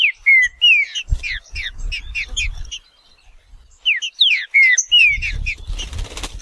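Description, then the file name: Green-winged saltator song in two bursts of sliding whistled notes separated by a short silence, with soft low noise and a hiss at the end. "canto do trinca ferro"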